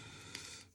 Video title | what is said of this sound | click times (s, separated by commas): The Pc build challenge part 1 of 3 | press down until it clicks same | 0.3 s